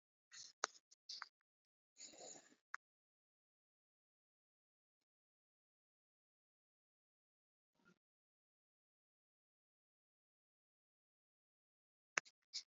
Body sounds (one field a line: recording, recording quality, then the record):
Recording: deep breathing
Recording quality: poor, much background noise or distortion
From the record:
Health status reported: exposed to COVID-19, no respiratory illness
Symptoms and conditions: cough, breathing difficulty, fever, fatigue, muscle pain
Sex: female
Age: 25 years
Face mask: not worn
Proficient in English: yes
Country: India